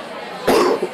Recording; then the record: coughing mixed with background sound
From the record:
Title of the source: Coughing 77